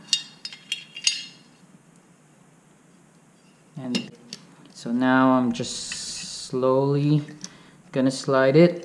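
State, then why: Not seated. An aftermarket +6 base pad for a PPQ pistol magazine is handled as it begins to slide slowly onto the bottom of the magazine body, over the follower spring. A few sharp, light clicks and taps come in the first second, followed by a quiet stretch and then someone talking. Nothing has seated or latched yet.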